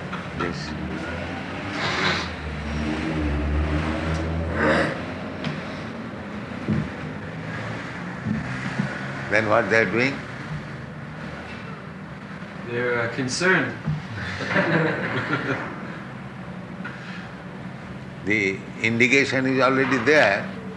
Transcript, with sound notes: Just see. Then what they are doing?
They are concerned. [laughter]
The indication is already there.